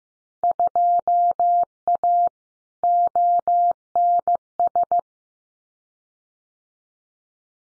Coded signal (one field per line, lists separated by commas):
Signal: Morse code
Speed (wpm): 15 wpm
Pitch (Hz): 700 Hz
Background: none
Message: 2A ONS